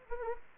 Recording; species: mosquito wingbeat signal from an infrared sensor; Anopheles arabiensis